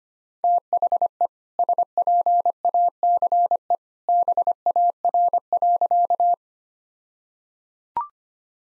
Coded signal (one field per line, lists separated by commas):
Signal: Morse code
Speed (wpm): 25 wpm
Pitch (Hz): 700 Hz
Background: none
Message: THE SPACE BAR.